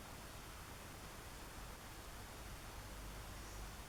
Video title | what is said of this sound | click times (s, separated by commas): Sunstreaker Blokees Construction | Don't get the satisfying snap with those ones, but that's okay. | none